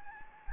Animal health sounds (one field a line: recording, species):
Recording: mosquito wingbeat signal from an infrared sensor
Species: Anopheles gambiae